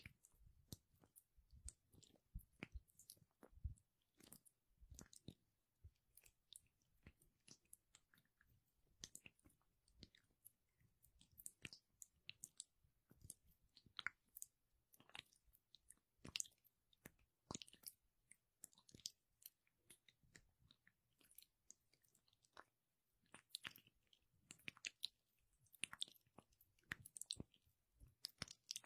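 Hands rubbing aloe gel make dense, wet squishing and sticky clicking sounds, irregular and continuous across the whole stretch, with frequent sharp crackles.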